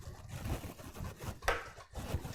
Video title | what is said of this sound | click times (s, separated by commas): Build a computer with Bob Ross NZXT Nuka Cola Build #4 (of 4 Nuka Cola Builds) | one's going in much much easier you'll often hear them click when they're properly seated all the way into the socket | 1.5 s